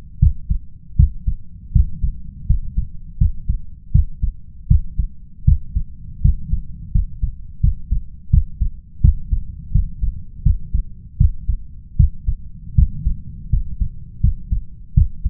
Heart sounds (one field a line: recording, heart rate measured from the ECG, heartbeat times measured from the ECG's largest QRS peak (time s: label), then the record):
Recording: heart sounds by stethoscope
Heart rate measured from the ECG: 81 bpm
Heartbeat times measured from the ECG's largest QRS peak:
0.19 s: heartbeat
0.95 s: heartbeat
1.72 s: heartbeat
2.46 s: heartbeat
3.17 s: heartbeat
3.91 s: heartbeat
4.67 s: heartbeat
5.44 s: heartbeat
6.21 s: heartbeat
6.91 s: heartbeat
7.60 s: heartbeat
8.29 s: heartbeat
9.00 s: heartbeat
9.71 s: heartbeat
10.42 s: heartbeat
11.17 s: heartbeat
11.96 s: heartbeat
12.74 s: heartbeat
13.49 s: heartbeat
14.20 s: heartbeat
14.93 s: heartbeat
From the record:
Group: healthy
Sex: male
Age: 21 years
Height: 180 cm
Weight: 67.5 kg